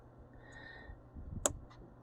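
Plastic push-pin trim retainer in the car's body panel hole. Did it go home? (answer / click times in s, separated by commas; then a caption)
released / 1.5 s. A reusable plastic push-type trim retainer is popped out of its hole in the body panel of a 2020+ Toyota Corolla Hybrid during a horn replacement. A single sharp, loud snap at 1.5 seconds marks the clip releasing, followed by a fainter tick, with someone talking around it.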